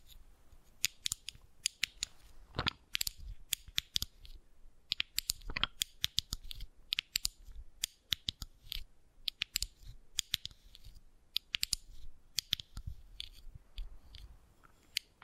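Wooden balls click and clack in quick irregular bursts, sharp bright taps tumbling together with brief pauses between clusters throughout.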